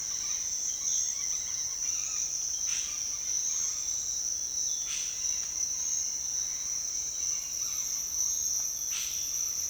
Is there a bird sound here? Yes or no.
yes